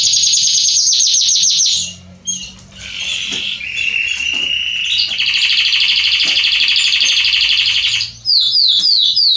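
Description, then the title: Belgian canary singing a high fast trill, a short pause, then long buzzy rolling trills changing pitch, and closing with quick descending chirps. Male Belgian canary singing a lot, used to warm up and train young canaries. "Canary Training Esquente Seu Filhote E Canario Belga Em 30 Minutos Macho Cantando Muito. CANTO DO CANRIO"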